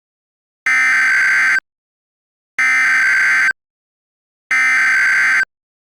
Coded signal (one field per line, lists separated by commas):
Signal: Emergency Alert System (SAME) tones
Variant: header bursts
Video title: EAS Mock: VistaLink's Tornado Watch screwup (Requested)